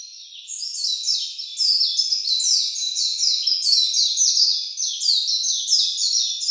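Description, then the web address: Warbling white-eye pouring out a continuous, fast, high jumble of chirpy warbled notes that keeps rising and dropping in short runs. 16 April 2017. "birdenaga mejiro 170416"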